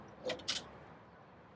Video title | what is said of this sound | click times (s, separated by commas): Gehl VT320 Walkaround | locks into place allowing ease of access for the operator not worried about that door coming back down on them | 0.5 s